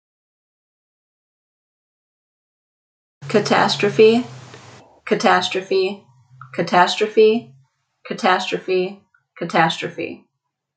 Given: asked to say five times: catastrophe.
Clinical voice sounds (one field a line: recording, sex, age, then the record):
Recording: repeated word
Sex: female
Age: 20 to 29 years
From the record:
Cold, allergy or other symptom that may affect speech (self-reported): no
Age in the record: 28 years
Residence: Texas, United States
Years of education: 12